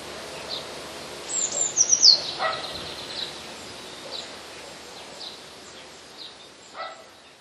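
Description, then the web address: Eurasian blue tit giving one high, thin phrase that falls into a short rapid trill, followed by quiet scattered faint notes. "wroblowe teka spiew 11. wroblowe teka modraszkoteka"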